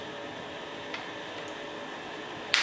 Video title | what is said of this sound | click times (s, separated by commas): New Grip for Yonex Ezone | then just snaps back into place | 2.5 s